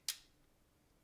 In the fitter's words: so it just kind of snaps on there and then it'll slide down just a little bit and click into place